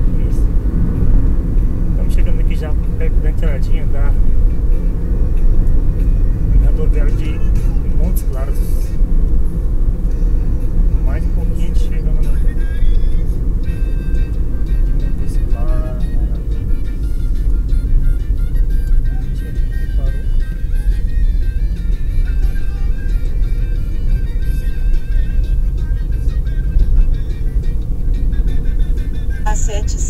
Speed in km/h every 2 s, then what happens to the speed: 76, 74, 73, 71, 67, 64, 61, 52, 41, 35, 35, 39, 40, 44, 47.
0-18 slows to 35. 18-30 speeds up to 47.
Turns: none.